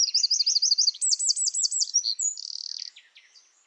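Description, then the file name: Eurasian wren singing a fast, shrill run of repeated twittering notes, then a steady buzzy trill, fading out with a few scattered chips. "Troglodytes troglodytes"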